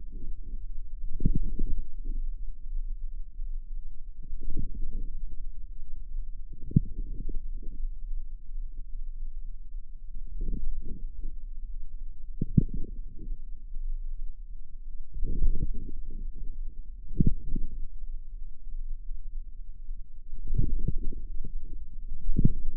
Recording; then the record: forearm muscle sounds (acoustic myography)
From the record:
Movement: inward rotation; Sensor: system 2, bracelet of six BSWA MPA416 microphones around the upper forearm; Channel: 4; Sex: female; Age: 23 years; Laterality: right